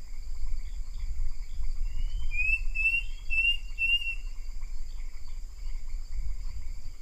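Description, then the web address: Bird calling with a quick series of short, high, rising whistled slurs lasting about two seconds, set against a constant insect-like drone and low background rumble. "BIRD 2015 SABIOD"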